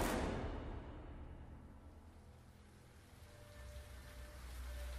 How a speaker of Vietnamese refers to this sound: Cùng thời điểm đó, tại Mai Châu, Hòa Bình, trời đang đổ mưa lớn, tiếng sấm nổ rung chuyển cả đất trời.